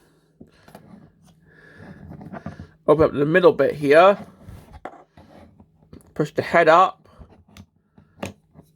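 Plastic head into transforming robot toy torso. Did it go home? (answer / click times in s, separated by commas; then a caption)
yes / 8.2 s. Someone talks while handling a Transformers Age of the Primes Quickstrike toy, opening the middle section and pushing its plastic head up into the torso, with soft plastic taps and clicks along the way. A sharp click at 8.2 s marks the head seating into place.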